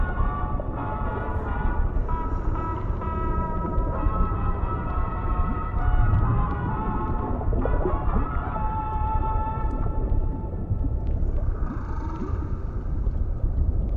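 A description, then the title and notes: Oldies music plays underwater, muffled, with its upper tones cut away and sustained melody lines wavering through the middle. A heavy, steady low rumble runs underneath the whole time. Faint ticks appear now and then, and the music thins briefly around the eighth second. Oldies music playing underwater in City.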